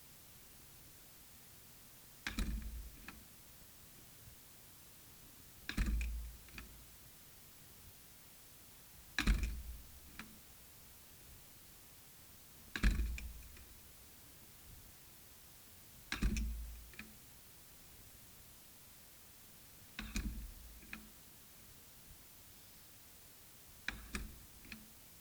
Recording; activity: daily activity, guitar pickup as the sensor; manipulate door